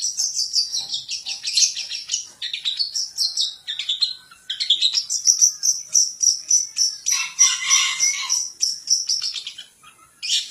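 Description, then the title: Long-tailed shrike in a long, varied scratchy song with fast chattering, a sustained high buzzy stretch midway, and a brief pause near the end. "Cendet"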